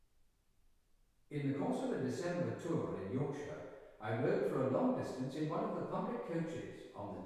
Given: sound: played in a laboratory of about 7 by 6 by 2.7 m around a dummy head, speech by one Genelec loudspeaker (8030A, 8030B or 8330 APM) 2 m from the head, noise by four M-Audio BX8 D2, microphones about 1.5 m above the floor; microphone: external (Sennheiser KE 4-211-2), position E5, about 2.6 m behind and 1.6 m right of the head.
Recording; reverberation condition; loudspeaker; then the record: male speech in English; high; 90 degrees to the right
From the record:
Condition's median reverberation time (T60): about 1300 ms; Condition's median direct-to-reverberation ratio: about -4.0 dB